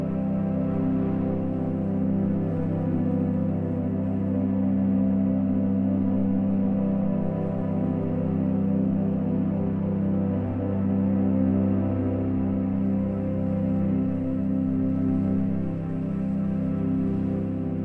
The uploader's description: gentle wind sounds meet calming music